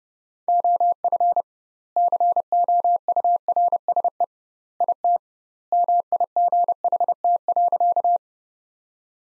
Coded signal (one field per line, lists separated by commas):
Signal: Morse code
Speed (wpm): 32 wpm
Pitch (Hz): 700 Hz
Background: none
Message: OF COURSE IT MIGHT.